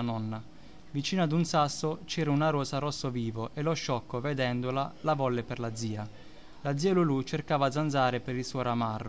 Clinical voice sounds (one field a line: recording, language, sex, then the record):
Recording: read passage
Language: Italian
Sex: male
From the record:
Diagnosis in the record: healthy control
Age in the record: 29 years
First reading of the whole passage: 42 s, 12.4 characters per second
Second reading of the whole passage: 42 s, 12.2 characters per second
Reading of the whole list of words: 38 s, 7.3 characters per second